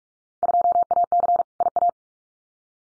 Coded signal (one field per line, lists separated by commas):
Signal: Morse code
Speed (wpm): 44 wpm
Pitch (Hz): 700 Hz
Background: none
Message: 2AC IA